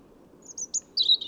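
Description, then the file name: European robin giving a few thin, high, very short notes, spaced irregularly, ending in a brief twittering burst; otherwise quiet. "Erithacus rubecula"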